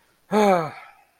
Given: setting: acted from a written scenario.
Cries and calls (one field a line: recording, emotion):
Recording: vocal sound without words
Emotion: contempt